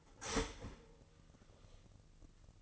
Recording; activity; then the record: daily activity, microphone in the room; start toaster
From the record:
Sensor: 4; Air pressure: 1007.9 hPa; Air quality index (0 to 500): 104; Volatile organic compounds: 1 ppm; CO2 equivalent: 773 ppm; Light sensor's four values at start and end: 8/18/7/7 and 8/18/7/7